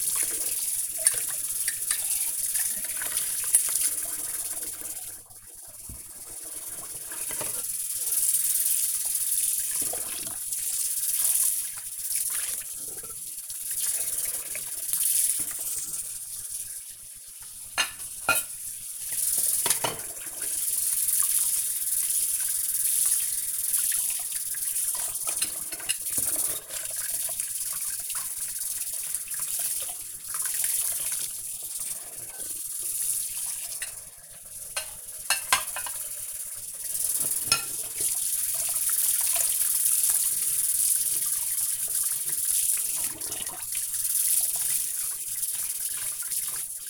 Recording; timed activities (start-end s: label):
household activities, microphone on the right wrist
0.00-46.90 s: washing dishes